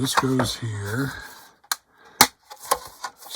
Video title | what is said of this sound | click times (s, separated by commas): Sprue Review Border Models 1/35 Akagi Bridge and Flight Deck | snaps into place pretty well | 1.7 s, 2.2 s